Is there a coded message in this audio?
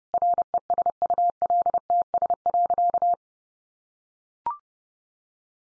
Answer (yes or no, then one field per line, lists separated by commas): yes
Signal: Morse code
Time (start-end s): 0.1-3.1 s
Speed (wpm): 30 wpm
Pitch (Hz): 700 Hz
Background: none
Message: RESULTS.